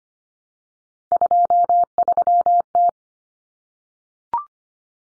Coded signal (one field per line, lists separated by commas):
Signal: Morse code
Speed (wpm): 25 wpm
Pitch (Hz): 700 Hz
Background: none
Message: 23T